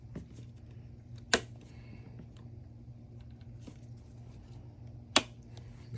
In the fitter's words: Make sure you get that nice click sound.